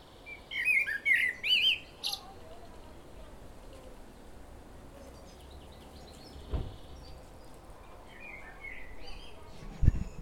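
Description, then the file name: Common blackbird song phrase of looping fluted whistles and a high squeak early on, then quiet background with a couple of soft knocks. "Turdus merula"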